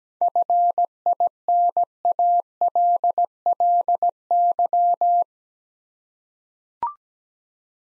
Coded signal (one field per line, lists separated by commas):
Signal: Morse code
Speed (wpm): 17 wpm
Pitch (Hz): 700 Hz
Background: none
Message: FINALLY